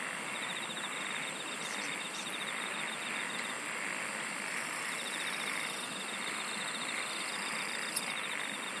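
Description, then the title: Insect song of ticking trills that come and go, layered over a steady shrill tone and background hiss, with one short click. "SINGING OF INSECTS"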